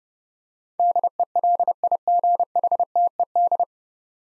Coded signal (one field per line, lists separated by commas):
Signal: Morse code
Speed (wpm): 30 wpm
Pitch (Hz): 700 Hz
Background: none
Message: DELIGHTED